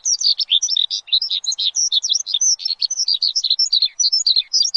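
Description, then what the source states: Javan bush lark giving a quick jumble of high twittering notes, varied and busy, packed tightly together with no real pause. Bird singing vigorously and persistently; used as a lure.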